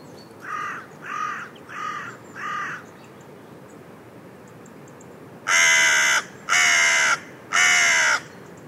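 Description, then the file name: Carrion crow giving harsh caws, four softer caws in a steady series, then after a pause three much louder, raspy caws about one second apart. "Corvus corone"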